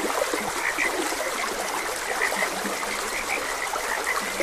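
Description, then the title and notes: Chorus of frogs, scattered high croaks and occasional low rolling notes, while a stream trickles steadily throughout. Frogs croaking beside a gentle stream. "Gentle Stream and Frogs Croaking. Sleep and Relaxation Podcast"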